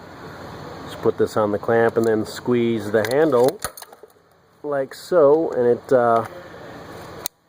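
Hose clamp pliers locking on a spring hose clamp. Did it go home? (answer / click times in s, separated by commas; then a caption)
yes / 7.3 s. Someone talks while putting hose clamp pliers on a spring hose clamp during a heater core replacement on a 2000 Ford Windstar and squeezing the handle. A single sharp click at 7.3 s marks the tool's locking mechanism engaging, so the pliers are locked in place, holding the clamp squeezed open.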